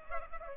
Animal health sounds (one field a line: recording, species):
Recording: mosquito wingbeat signal from an infrared sensor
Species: Culex pipiens